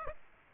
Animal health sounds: mosquito wingbeat signal from an infrared sensor; Aedes aegypti

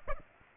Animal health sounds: mosquito wingbeat signal from an infrared sensor; Aedes aegypti

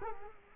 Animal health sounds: mosquito wingbeat signal from an infrared sensor; Culex quinquefasciatus

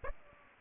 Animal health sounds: mosquito wingbeat signal from an infrared sensor; Aedes aegypti

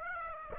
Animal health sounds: mosquito wingbeat signal from an infrared sensor; Aedes aegypti

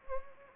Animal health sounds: mosquito wingbeat signal from an infrared sensor; Anopheles gambiae

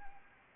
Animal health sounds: mosquito wingbeat signal from an infrared sensor; Anopheles arabiensis

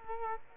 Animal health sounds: mosquito wingbeat signal from an infrared sensor; Culex quinquefasciatus

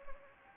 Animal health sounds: mosquito wingbeat signal from an infrared sensor; Anopheles gambiae

